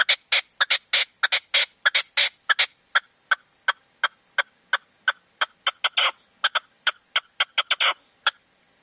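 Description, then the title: Partridge or tinamou song: grating, rasping notes in a rapid series, some in tight doubled pairs, with an uneven rhythm. "Canto de Perdiz. CANTO DE LA PERDIZ"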